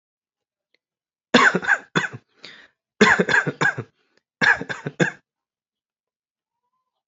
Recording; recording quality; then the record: shallow voluntary cough; excellent, no background noise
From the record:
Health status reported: healthy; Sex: male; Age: 41 years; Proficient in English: yes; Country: United States